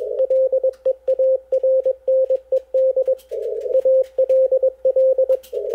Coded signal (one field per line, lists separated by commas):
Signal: Morse code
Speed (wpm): 21 wpm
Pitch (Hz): 530 Hz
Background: none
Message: LEARNED ALL